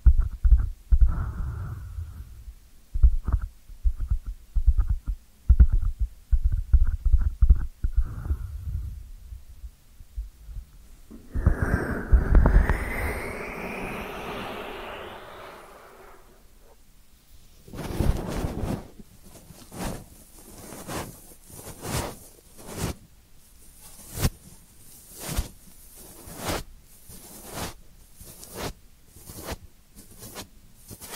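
Ear cleaning sounds in three parts: first about ten seconds of soft, low thumping and muffled rubbing in quick uneven bursts, then a rising, brighter scraping swell around twelve to sixteen seconds. The last half is a steady series of crisp, scratchy taps, about one per second.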